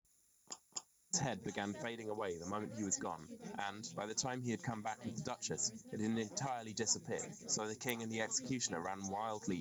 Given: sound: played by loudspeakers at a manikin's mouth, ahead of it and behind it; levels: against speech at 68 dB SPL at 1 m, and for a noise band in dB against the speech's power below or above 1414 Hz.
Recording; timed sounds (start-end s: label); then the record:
test signals for a remote microphone
0.50 s: click
0.75 s: click
1.13-9.61 s: man speaking, babble ahead at +6 dB SNR for speech at 1 m
From the record:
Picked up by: remote microphone A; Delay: 47 ms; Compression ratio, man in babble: 10.50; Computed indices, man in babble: HASPI 1.000, HASQI 0.322 (non-linear 0.372, linear 0.866), ESTOI 0.714